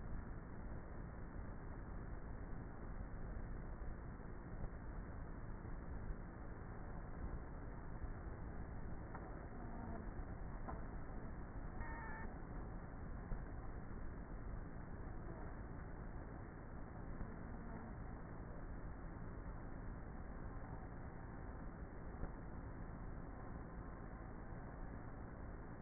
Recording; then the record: honeybee colony, microphone inside the hive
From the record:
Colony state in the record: queenless with a low population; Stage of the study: before two queens were removed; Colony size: about 30,000 bees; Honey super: no